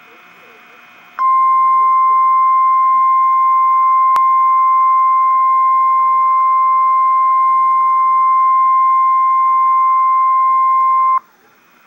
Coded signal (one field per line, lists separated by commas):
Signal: Emergency Alert System (SAME) tones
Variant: 1050 Hz attention tone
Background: speech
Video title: REAL EAS 759-Special marine warning